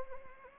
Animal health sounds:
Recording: mosquito wingbeat signal from an infrared sensor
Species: Anopheles arabiensis

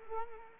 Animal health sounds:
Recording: mosquito wingbeat signal from an infrared sensor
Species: Culex quinquefasciatus

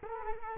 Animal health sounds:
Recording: mosquito wingbeat signal from an infrared sensor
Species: Culex quinquefasciatus

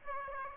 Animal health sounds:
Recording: mosquito wingbeat signal from an infrared sensor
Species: Aedes aegypti

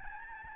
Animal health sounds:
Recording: mosquito wingbeat signal from an infrared sensor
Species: Aedes albopictus

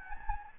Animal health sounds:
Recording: mosquito wingbeat signal from an infrared sensor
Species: Anopheles gambiae

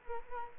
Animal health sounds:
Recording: mosquito wingbeat signal from an infrared sensor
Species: Culex quinquefasciatus

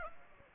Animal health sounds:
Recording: mosquito wingbeat signal from an infrared sensor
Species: Aedes aegypti

